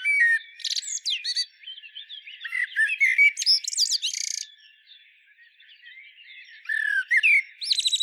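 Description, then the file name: Common blackbird delivering a run of varied phrases, mellow whistles mixed with shrill high squeaks and chirps, a quieter gap, then a fresh fluty phrase. "Turdus merula"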